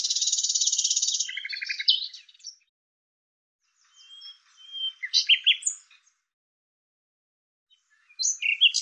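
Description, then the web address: Bird calling: a dry, buzzy high trill running into squeaky notes, then silence, scattered squeaky chirps, another silence and a final burst of sharp notes. "cianscape birddata Deverinetal 2025 Bird Lu Me Lu Me"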